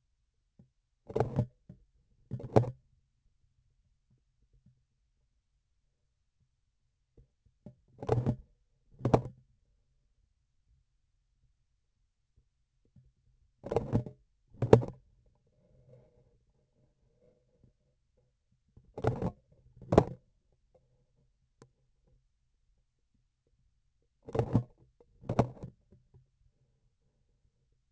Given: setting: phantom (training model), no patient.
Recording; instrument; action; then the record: laparoscopic instrument, vibration sensor on the handle end; grasping forceps; opening and closing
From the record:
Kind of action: tool actuation without material contact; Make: other than Olympus